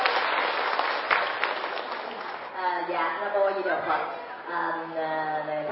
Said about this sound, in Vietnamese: Xin toàn thể mọi chúng trong một tràng pháo tay.